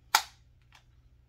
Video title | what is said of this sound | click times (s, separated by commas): Gear Review - Ladies Flash Bang Holster | and it just snaps into place | 0.1 s